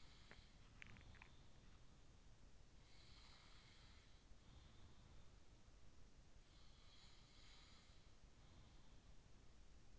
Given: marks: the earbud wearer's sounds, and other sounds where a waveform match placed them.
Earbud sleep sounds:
sounds in sleep by an in-ear microphone; swallowing
0.00-1.55 s: swallowing
2.78-6.27 s: sound from someone else or the room
6.53-9.99 s: sound from someone else or the room

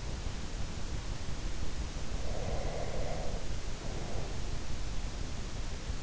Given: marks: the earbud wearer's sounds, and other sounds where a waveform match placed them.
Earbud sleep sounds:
sounds in sleep by an in-ear microphone; breath
2.25-4.32 s: breath

